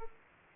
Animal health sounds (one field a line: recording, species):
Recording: mosquito wingbeat signal from an infrared sensor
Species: Aedes aegypti